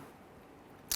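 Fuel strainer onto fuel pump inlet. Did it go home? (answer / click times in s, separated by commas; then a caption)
yes / 0.9 s. A fuel strainer on a 1997-2006 Jeep Wrangler electric fuel pump is pressed down onto the pump inlet at the base. After quiet low handling noise, a sharp broadband snap comes at 0.9 s. The strainer is seated, stationary and stable.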